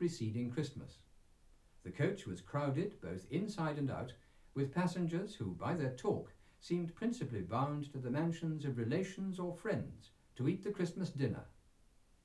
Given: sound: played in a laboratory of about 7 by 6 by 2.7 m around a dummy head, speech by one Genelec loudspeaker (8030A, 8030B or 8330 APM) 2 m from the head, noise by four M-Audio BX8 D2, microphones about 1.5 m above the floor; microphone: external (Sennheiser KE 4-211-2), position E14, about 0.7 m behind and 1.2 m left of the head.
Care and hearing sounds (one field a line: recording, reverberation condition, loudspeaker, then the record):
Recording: male speech in English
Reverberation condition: low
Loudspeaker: 90 degrees to the right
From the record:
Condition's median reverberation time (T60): about 310 ms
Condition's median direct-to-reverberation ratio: about 3.5 dB